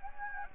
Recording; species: mosquito wingbeat signal from an infrared sensor; Anopheles gambiae